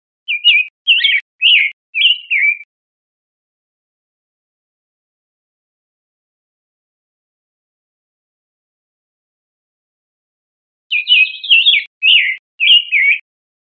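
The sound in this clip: Summer tanager calls: two bursts of four clipped, chuckling notes, separated by about eight seconds of silence.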